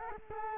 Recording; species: mosquito wingbeat signal from an infrared sensor; Culex quinquefasciatus